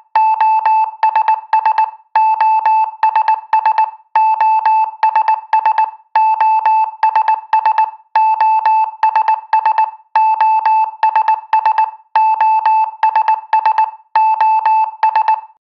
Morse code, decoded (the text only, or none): OS SOS SOS SOS SOS SOS SOS SOS